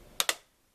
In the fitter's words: nice two nice positive snaps and it's not going to come off as easily